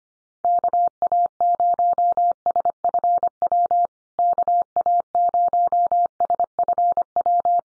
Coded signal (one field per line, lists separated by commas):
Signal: Morse code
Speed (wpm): 25 wpm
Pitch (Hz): 700 Hz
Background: none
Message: KA0SFW KA0SFW